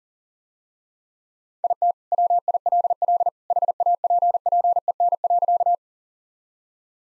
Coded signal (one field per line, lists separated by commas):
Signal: Morse code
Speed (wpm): 40 wpm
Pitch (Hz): 700 Hz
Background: none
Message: IT WILL HAPPEN.